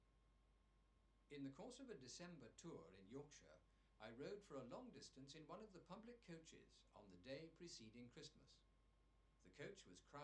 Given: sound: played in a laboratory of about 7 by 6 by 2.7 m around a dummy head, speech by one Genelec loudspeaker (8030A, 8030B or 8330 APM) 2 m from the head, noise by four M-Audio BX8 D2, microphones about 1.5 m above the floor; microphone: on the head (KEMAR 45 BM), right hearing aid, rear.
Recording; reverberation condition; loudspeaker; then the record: male speech in English; low; behind (180 degrees)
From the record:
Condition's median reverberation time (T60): about 310 ms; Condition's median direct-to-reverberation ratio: about 3.5 dB